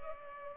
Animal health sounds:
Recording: mosquito wingbeat signal from an infrared sensor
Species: Culex pipiens

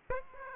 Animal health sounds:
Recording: mosquito wingbeat signal from an infrared sensor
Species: Aedes aegypti

